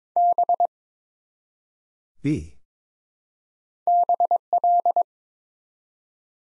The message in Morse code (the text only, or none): B BL